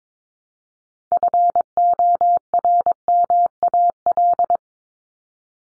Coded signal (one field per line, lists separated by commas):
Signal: Morse code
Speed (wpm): 22 wpm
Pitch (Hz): 700 Hz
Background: none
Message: FORMAL